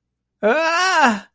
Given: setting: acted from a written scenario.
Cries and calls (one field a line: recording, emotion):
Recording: vocal sound without words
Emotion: distress